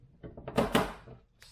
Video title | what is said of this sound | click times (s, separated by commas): Bayliner Boat Restoration - Part 39 - Can't see Gauges! | snap it in like that | 0.8 s